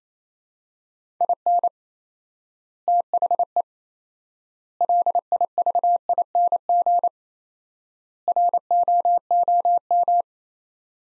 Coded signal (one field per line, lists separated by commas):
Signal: Morse code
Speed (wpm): 28 wpm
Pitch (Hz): 700 Hz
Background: none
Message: IN THE LIVING ROOM